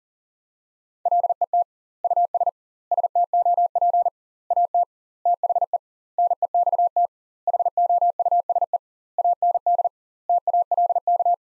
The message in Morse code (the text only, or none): LET US STOP AT THE NEXT HOUSE AND TALK